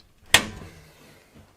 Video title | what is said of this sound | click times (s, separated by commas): Let's Build a Gaming PC from Start to Finish! | and it will usually click every time you install a corner | 0.3 s